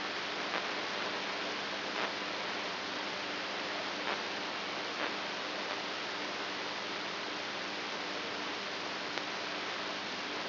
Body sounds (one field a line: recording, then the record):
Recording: brain microelectrode recording played as sound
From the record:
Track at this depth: inside the subthalamic nucleus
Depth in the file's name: 4.913 mm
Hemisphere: right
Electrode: 2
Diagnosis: Parkinson's disease